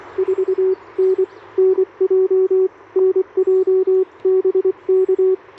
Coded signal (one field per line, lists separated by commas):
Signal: Morse code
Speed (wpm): 25 wpm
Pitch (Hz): 380 Hz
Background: radio noise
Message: 4N NJ NJ BK